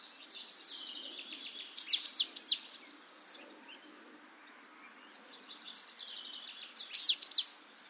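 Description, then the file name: Marsh tit calls, two bursts of rapid high chattering, each ending in a few loud sharp notes, separated by a quieter stretch. "Poecile palustris"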